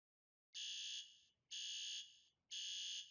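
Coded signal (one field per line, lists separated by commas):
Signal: alarm pattern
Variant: temporal-three (T3)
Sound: three short buzzy horn blasts, one second apart, from a fire alarm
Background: small room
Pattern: 3 short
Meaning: Temporal-three pattern signals building evacuation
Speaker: Okay, and we've switched over to 2-stage temporal 3 pattern.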